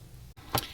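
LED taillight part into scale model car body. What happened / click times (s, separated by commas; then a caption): The small plastic part pressed into place / 0.6 s. An LED taillight part is pressed into the body of a DeAgostini Ford GT scale model car. Against a quiet background, a single short, bright tick sounds at 0.6 s as the part press-fits and seats in place.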